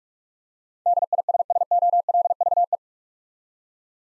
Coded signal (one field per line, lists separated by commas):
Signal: Morse code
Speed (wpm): 43 wpm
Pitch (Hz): 700 Hz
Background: none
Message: DISSOLVE